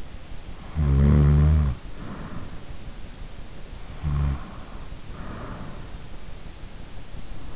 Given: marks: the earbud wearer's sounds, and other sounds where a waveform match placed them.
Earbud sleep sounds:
sounds in sleep by an in-ear microphone; snoring breath
0.75-2.51 s: snoring breath
3.95-5.91 s: snoring breath

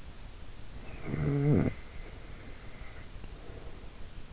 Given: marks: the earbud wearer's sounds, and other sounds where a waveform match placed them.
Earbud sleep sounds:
sounds in sleep by an in-ear microphone; snoring breath
0.86-3.95 s: snoring breath

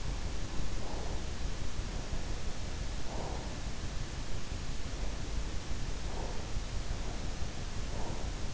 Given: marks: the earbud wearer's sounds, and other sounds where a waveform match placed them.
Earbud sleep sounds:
sounds in sleep by an in-ear microphone; breath
0.59-1.85 s: breath
2.89-3.73 s: breath
4.96-6.78 s: breath
7.00-8.39 s: breath

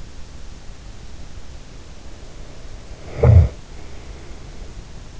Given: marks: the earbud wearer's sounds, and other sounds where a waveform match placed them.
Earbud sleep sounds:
sounds in sleep by an in-ear microphone; snoring breath
2.04-4.99 s: snoring breath

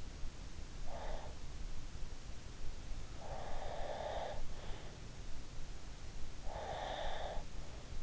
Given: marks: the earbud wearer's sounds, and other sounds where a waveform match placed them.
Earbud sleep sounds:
sounds in sleep by an in-ear microphone; breath
0.95-1.36 s: breath
3.14-4.88 s: breath
6.43-7.50 s: breath

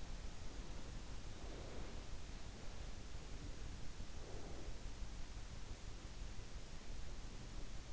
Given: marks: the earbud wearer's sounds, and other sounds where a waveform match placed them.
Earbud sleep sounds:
sounds in sleep by an in-ear microphone; breath
0.54-2.28 s: breath
4.07-4.99 s: breath

